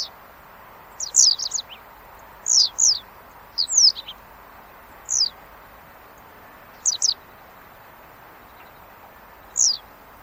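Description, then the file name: Japanese wagtail calls: short, sharp, high notes sliding downward, given singly or in quick pairs and small clusters at irregular intervals over a faint steady background hiss. "Golosa ptic - YAponskaya tryasoguzka Motacilla grandis"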